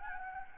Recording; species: mosquito wingbeat signal from an infrared sensor; Anopheles gambiae